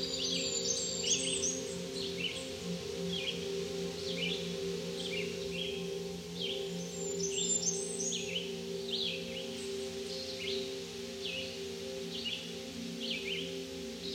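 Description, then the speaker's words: Blackburnian Warbler song, very high thin buzzy phrases heard twice, over steady repeated lower downslurred chirps and a low humming drone. Male; rapid, high-pitched song sounding like 'tisa, tisa, tisa'; species found high in the canopy of mixed forests in parts of eastern North America. "The male's songs are rapid and high-pitched, such as this song that sounds like Tisa, Tisa, Tisa."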